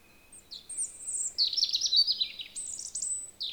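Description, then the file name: European robin singing a varied phrase of very high thin whistles, falling twittery trills and sliding notes, ending with a sudden bright burst. "Erithacus rubecula"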